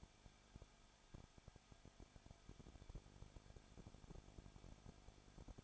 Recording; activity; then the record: daily activity, microphone in the room; no activity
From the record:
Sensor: 5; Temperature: 20.9 degrees Celsius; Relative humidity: 35.0%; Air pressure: 994.7 hPa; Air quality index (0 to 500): 153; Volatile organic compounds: 2 ppm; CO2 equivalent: 1276 ppm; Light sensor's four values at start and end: 2/3/1/1 and 2/3/1/1